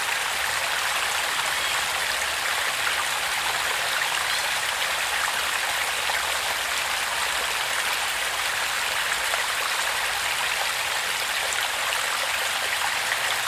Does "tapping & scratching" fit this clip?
no